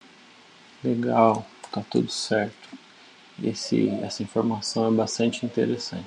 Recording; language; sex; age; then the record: short text; Brazilian Portuguese; male; 20 to 29 years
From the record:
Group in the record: control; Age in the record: 23 years